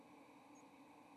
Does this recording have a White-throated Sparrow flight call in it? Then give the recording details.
no. Another species' flight call is heard. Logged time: 09:01 on 30 October 2014